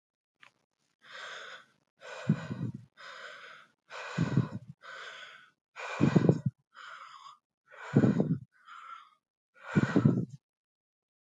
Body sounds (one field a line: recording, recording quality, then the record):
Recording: shallow breathing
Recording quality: excellent, no background noise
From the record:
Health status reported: healthy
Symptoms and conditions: none ticked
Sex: male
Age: 30 years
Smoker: not ticked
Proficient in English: yes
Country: India